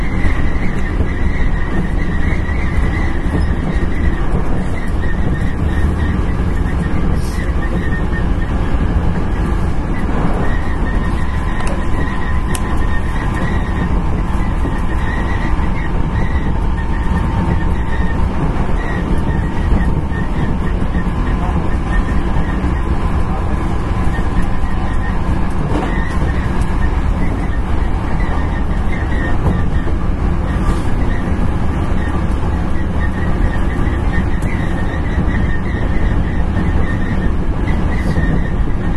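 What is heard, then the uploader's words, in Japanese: A 9300 series express train runs along the Kyoto Line, with a steady, dense low rumble from start to finish. Rail joints and wheel noise add faint clicks and brief squeals every few seconds over a constant mid-pitched hum. 阪急電鉄 9300系電車の走行音です。京都線の特急列車にて収録しました。From Kawaramachi (Kyoto) to Umeda (Osaka)。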